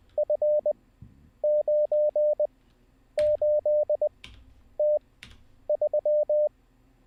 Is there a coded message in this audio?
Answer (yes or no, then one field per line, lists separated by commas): yes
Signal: Morse code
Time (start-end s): 0.2-6.5 s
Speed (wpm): 20 wpm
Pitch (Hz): 600 Hz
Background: none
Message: F98T3